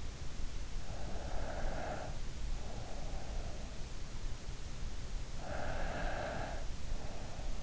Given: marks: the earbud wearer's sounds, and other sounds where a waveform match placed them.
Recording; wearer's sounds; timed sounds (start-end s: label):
sounds in sleep by an in-ear microphone; breath
1.02-3.77 s: breath
5.36-7.62 s: breath